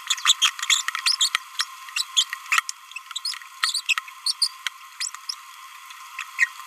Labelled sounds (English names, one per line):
Green-rumped Parrotlet babbling